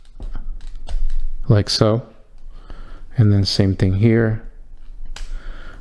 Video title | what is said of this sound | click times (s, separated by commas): Transformers - Studio Series - Transformers: Bumblebee 109 Concept Art - Megatron | that should lock into place and then you're left with something | 5.2 s